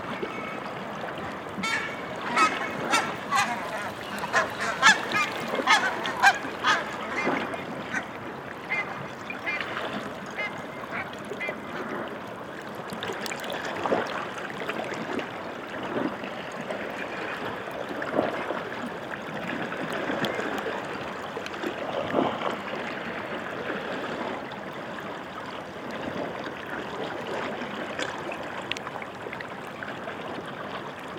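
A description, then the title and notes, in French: Meltwater moves at the foot of the Skaftafellsjökull glacier in Iceland, a steady, dense gurgling and trickling with no pause. Sharp pops and clicks break through often, clustered thickly in the first few seconds and returning in bursts later. Au pied du glacier, le Skafatellsjökull, en Islande, j'enregistre les mouvements de l'eau. Prise de son : Olivier Noack.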